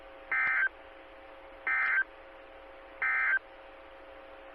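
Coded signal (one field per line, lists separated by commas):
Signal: Emergency Alert System (SAME) tones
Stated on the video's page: Alert tones heard on a 146.92 MHz amateur radio repeater.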